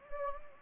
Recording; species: mosquito wingbeat signal from an infrared sensor; Anopheles gambiae